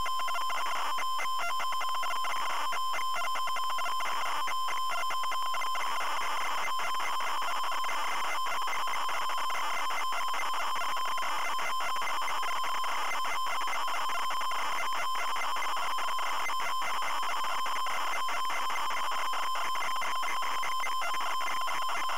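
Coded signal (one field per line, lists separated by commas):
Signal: ZX Spectrum tape loading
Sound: harsh buzzing, warbling data screech with rapid stuttering tone bursts throughout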